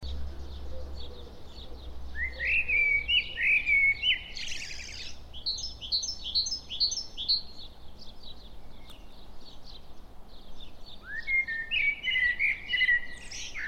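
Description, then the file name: Common blackbird singing rich fluted phrases followed by high chattering twitters, a second phrase starting near the end, with a low hum underneath. "Turdus merula"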